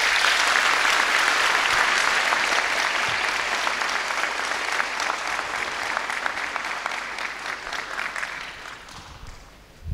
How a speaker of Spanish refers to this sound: Recibámoslos con fuerte aplauso.